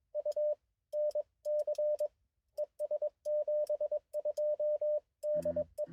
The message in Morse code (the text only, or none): U NC ES 72 DE